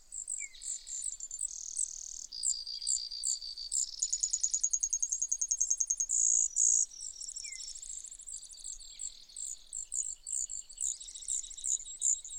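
Brewer's sparrow singing a continuous chain of high trills and short sweeping notes, changing pitch every second or two.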